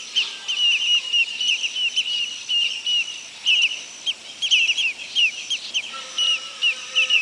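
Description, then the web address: Bird calling with high, thin chirps in loose bursts, broken by short pauses. "BIRD 2015 SABIOD"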